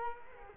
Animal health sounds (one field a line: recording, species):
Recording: mosquito wingbeat signal from an infrared sensor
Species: Culex quinquefasciatus